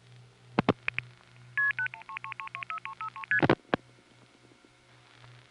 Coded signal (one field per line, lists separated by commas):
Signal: multi-frequency trunk signalling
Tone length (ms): 80 ms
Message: 1333 33ST